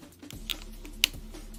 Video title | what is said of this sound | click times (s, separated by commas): Marvel Legends Sauron wave, Sauron BAF Review. Finally!!! | Okay, we hear it clicking. | 1.0 s